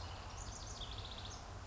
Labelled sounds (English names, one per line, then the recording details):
House Wren
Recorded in Sonoma County, California